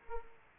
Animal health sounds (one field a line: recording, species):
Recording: mosquito wingbeat signal from an infrared sensor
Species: Aedes aegypti